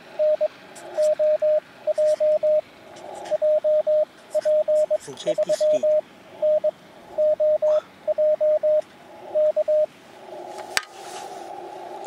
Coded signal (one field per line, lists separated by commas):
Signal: Morse code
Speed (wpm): 21 wpm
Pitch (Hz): 610 Hz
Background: radio noise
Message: NOJ JP3NOJ K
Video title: CQ出したら5連続応答！ QSBに負けるな！ 5交信ノーカット 河川敷 プチ移動運用 初心者 CW 43日目 (その2) 16WPM 2022/02/15 アマチュア無線 VLOG 53